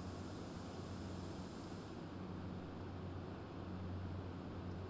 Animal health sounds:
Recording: poultry house recording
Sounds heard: no chicken sound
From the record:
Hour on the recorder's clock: 22

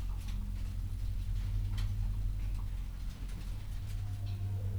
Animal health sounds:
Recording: poultry house recording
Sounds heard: sick chickens (respiratory disease)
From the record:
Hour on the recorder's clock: 10

